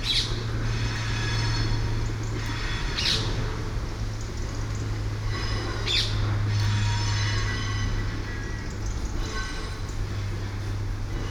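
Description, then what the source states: Parakeet calls, harsh squawks repeated roughly every three seconds, each with a stacked ringing quality, above a constant low droning hum. Parakeets over Hackney Marsh.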